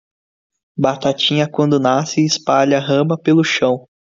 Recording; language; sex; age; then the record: short text; Brazilian Portuguese; male; 18 to 19 years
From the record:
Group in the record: control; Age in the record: 19 years